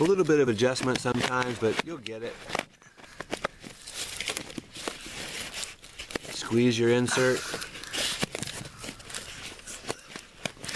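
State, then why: Seated. Someone talks while squeezing a plastic insert or coupling and pushing it into corrugated drain pipe, with crinkling, rustling handling noise and several sharp ticks along the way. The insert snaps into place and is seated with a crisp click at 10.5 s.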